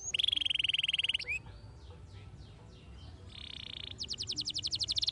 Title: Canto Para Esquentar Canário Belga. RANGSANGAN SUARA BURUNG KENARI GACOR - BIKIN KENARI MUDA JADI AKTIF BUNYI DAN BERKICAU